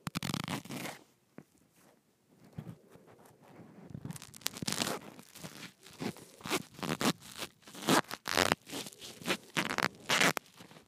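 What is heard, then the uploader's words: A microphone being twisted and handled, giving rough scraping and rubbing noises in irregular bursts. A loud rasp opens, then quieter, sparser scuffs until about four seconds, after which dense, harsh twisting strokes come quickly and keep going to the end. ASMR Twisting my Microphone.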